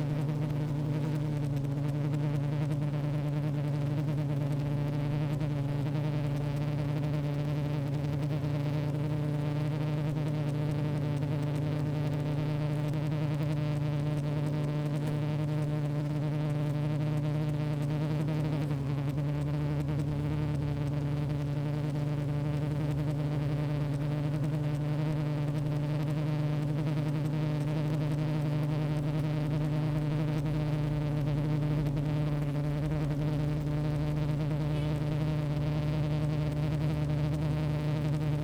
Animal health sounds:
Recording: honeybee colony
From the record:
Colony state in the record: active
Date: 28 July 2017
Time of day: 15:06

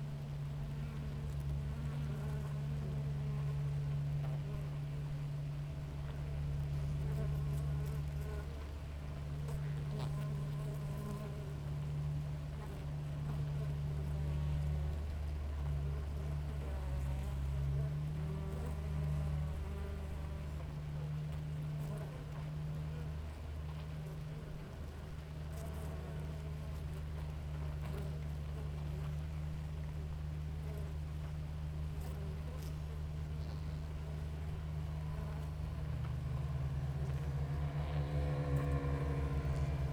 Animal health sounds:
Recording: honeybee colony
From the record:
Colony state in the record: active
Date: 28 July 2017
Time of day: 6:01

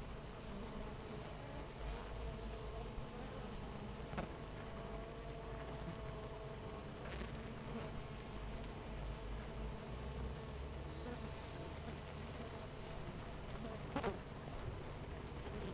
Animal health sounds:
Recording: honeybee colony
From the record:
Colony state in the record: missing queen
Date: 14 July 2017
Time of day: 8:37

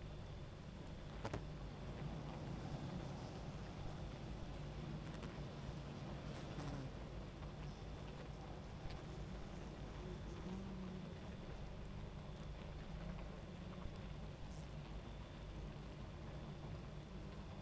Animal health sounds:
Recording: honeybee colony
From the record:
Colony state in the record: active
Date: 28 July 2017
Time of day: 23:52

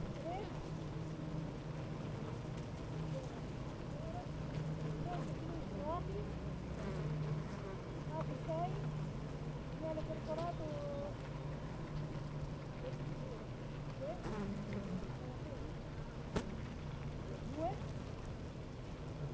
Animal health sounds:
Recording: honeybee colony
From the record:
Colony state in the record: active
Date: 28 July 2017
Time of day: 8:32

